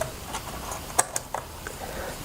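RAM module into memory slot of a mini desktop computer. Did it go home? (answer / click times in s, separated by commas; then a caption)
yes / 1.0 s, 1.2 s. A laptop-style memory module, lined up by its notch, is pushed into the bottom memory slot of a Mac mini. Sharp clicks are heard at 1.0 s and 1.2 s, with fainter ticks after, as the module seats in the slot.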